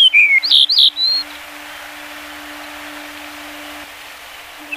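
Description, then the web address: Yellow-breasted bunting gives one short phrase of clear slurred whistles at the start, then only a soft hiss and a steady low hum remain. "sikioto. shimaaozi"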